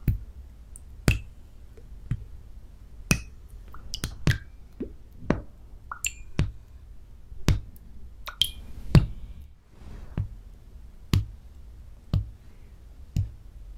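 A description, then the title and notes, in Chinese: Glassware for a lab experiment, with a beaker and test tubes being handled: sharp, bright clinks and taps land about once a second, with smaller ticks between them. A few strikes ring briefly, especially around 6 and 8–9 seconds, over a faint steady low hum. 烧杯 试管 做个实验。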